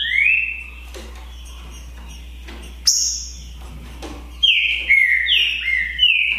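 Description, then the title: Green-winged saltator song: a loud, slurred whistled phrase, a lone high note, then another rich phrase of descending whistles, with faint chirps and a steady low hum. Song contest between two birds, Naval vs Demolidor, 2022 season; birds calling, singing and showing male display ('macheando') in the dispute. "É UMA DISPUTA DE TRINCA FERRO PERFEITA!! NAVAL VS DEMOLIDOR 2022!"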